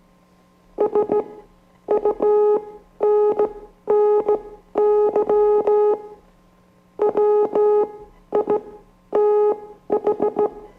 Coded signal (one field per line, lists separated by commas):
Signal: Morse code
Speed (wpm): 16 wpm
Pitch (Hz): 420 Hz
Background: music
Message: SUNNY WITH